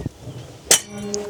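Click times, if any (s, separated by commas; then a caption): 0.7 s. The backrest of a campervan's folding bed/seat is pushed back with both palms until its latch clicks into the seat frame, giving a sharp, bright click at 0.7 s and a faint tick at 1.2 s. The backrest latch is seated and the back is locked in place.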